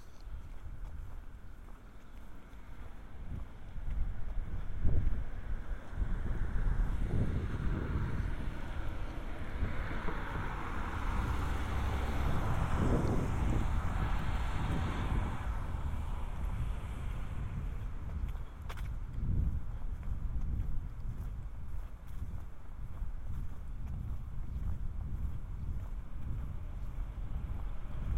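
A walk outdoors, dominated by steady low rumble and wind buffeting the microphone. Between about 7 and 16 seconds a vehicle seems to pass, swelling into a broader whoosh before fading. A few brief thumps and clicks punctuate the rest.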